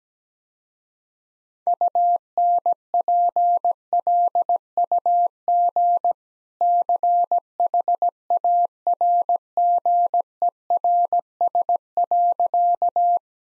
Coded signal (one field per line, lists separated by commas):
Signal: Morse code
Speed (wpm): 17 wpm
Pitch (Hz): 700 Hz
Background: none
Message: UNPLUG CHARGERS.